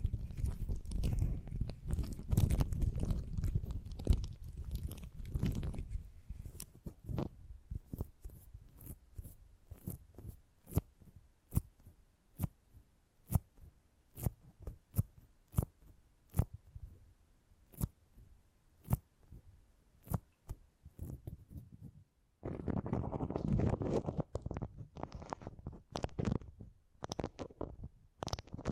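Beeswax being handled, with a fast run of sharp crackles and clicks that keeps going from start to finish. Soft low rubbing fills the first few seconds, then the crackles sit mostly over quiet until a denser, muffled squishing stretch starts near 22 seconds.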